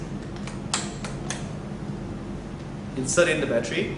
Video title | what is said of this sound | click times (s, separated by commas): Transvert Scaffold's Standards | correct fit you must hear a click test | 0.7 s, 1.3 s